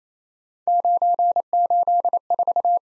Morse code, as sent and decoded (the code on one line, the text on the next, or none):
----. ---.. ....-
984